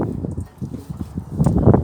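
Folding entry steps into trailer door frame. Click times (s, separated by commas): 1.7 s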